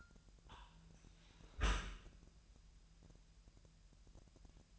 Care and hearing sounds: daily activity, microphone in the room; close dishwasher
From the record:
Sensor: 2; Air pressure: 998.1 hPa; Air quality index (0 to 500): 149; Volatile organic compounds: 4 ppm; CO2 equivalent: 1681 ppm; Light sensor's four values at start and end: 10/29/12/11 and 10/29/12/11

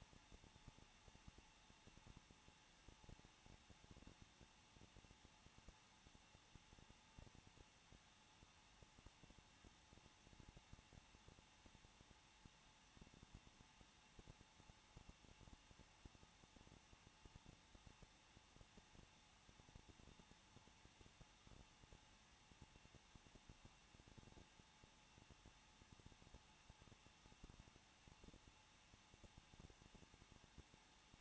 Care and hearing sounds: daily activity, microphone in the room; no activity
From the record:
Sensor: 1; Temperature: 20.1 degrees Celsius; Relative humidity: 39.2%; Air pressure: 1006.3 hPa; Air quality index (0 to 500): 218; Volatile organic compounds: 79 ppm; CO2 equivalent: 3595 ppm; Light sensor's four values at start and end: 1/2/1/1 and 1/2/1/1

